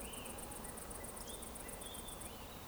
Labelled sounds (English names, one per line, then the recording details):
Eurasian Woodcock whistle
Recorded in Baden-Württemberg, Germany, on 23 June 2020 at 20:06 UTC
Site 14569, 102 m above sea level